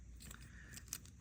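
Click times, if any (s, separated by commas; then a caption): none. Plastic puzzle-style pieces of an action figure accessory are pushed together by hand, producing short handling and scraping clicks, with a faint tick near 0.3 s and a sharper one near 0.9 s. The pieces fail to snap together, and nothing has seated or clicked yet.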